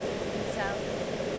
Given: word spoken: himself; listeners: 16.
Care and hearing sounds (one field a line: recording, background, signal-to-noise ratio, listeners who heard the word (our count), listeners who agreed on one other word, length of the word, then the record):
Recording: one English word in noise, from a listening test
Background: speech-shaped noise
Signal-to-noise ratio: -6.6 dB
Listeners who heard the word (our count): 2 of 16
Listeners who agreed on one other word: 6 of 16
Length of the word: 0.99 s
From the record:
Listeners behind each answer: 6, 3, 2, 1, 1, 1, 1, 1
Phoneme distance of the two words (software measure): 21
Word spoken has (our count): 2 syllables, 7 phonemes, stress on syllable 2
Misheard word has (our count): 1 syllable, 4 phonemes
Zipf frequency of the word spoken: 5.19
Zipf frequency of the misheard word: 4.83